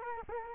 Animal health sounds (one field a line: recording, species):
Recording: mosquito wingbeat signal from an infrared sensor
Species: Culex quinquefasciatus